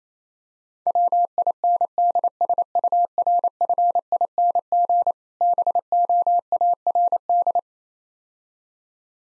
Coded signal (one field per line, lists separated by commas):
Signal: Morse code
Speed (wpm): 28 wpm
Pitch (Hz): 700 Hz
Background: none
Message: WINDSURFING BOARD